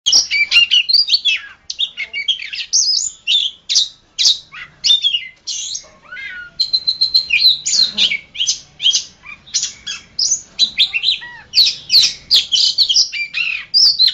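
Oriental magpie-robin pouring out a long, varied song of high whistles and scratchy chatters in quick succession.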